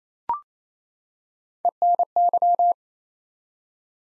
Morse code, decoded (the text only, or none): ENY